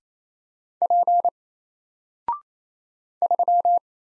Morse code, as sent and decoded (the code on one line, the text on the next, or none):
.--. / ...--
P 3